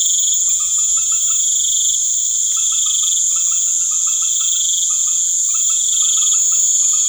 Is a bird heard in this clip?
no